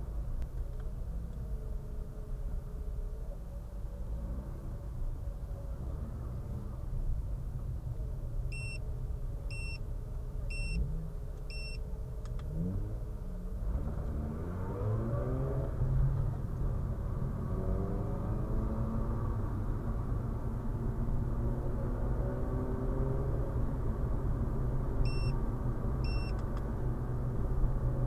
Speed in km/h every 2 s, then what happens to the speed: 7, 11, 11, 11, 11, 9, 19, 27, 35, 36, 41, 42, 39, 40.
0-11 steady at about 11. 11-21 speeds up to 42.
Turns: 3-7.